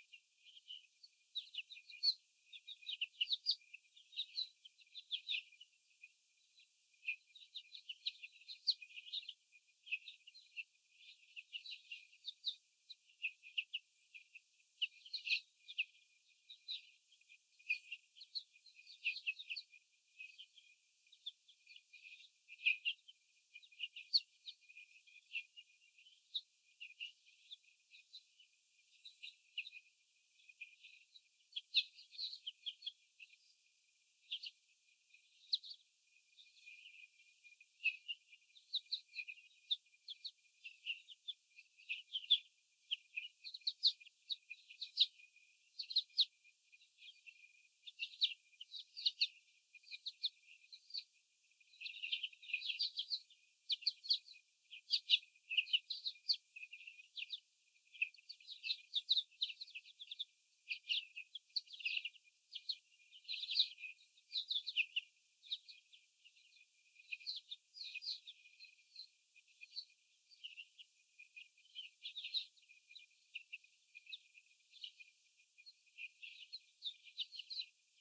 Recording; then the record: young laying hens in a cage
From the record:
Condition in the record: after the stressor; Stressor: sudden umbrella opening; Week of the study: 3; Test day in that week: 2